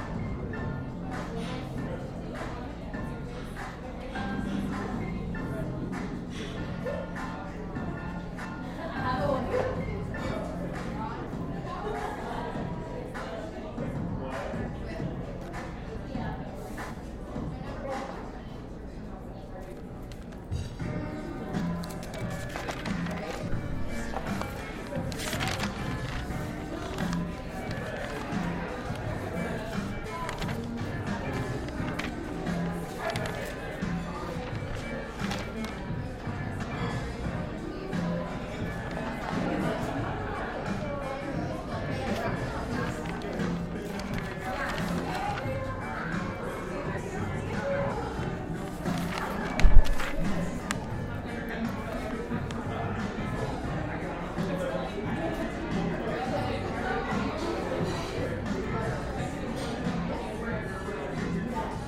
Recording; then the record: background sound without coughing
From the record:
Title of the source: 60 minutes of coffee shop sounds for study and concentration